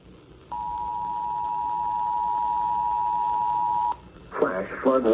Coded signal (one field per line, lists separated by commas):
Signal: Emergency Alert System (SAME) tones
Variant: 853 and 960 Hz attention tone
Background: speech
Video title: SAN DIEGO CRAZINESS - EAS Alerts on 8/24/2022 (EAS #206-216)